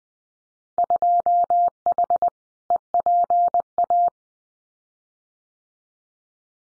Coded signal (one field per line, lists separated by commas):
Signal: Morse code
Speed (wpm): 20 wpm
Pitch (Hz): 700 Hz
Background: none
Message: 2H EPA